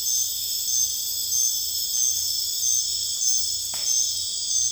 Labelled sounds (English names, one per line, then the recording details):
none
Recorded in dense forest near Puerto Asís, Putumayo, Colombia, on 26 December 2024 at 00:00
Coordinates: 0.484, -76.325
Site G056